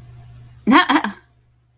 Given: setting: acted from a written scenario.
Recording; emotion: vocal sound without words; amusement